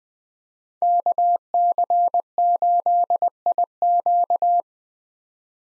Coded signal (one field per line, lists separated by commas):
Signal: Morse code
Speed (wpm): 20 wpm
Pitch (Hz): 700 Hz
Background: none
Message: KC8IQ